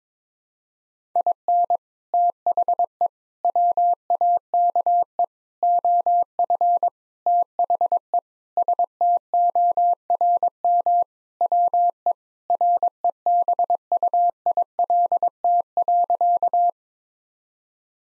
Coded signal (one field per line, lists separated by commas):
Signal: Morse code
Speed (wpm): 22 wpm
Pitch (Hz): 700 Hz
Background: none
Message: IN THE WAKE OF THE STORM WE REBUILT.